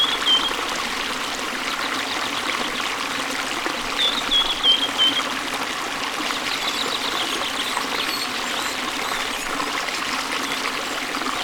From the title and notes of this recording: Nature sounds :birds and water.